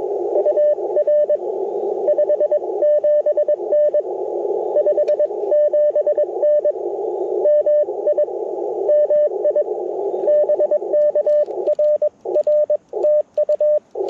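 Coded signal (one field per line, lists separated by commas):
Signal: Morse code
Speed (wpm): 21 wpm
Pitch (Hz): 600 Hz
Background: radio noise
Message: UR 57N 57N MI MI BK RR TU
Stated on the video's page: Parks on the Air CW activation lasting 70 minutes on an Icom IC-705 with a PackTenna Random wire antenna.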